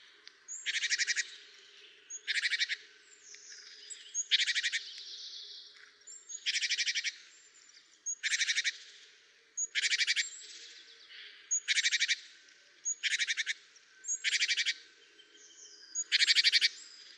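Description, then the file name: Great tit scolding churrs, rasping rattled bursts repeated every one to two seconds, interspersed with faint high thin notes. "Parus major"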